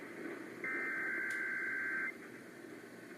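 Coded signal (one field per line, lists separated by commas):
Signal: Emergency Alert System (SAME) tones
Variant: header bursts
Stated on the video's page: Real Required Monthly Tests on San Francisco, Sacramento and Fresno AM and FM radio stations.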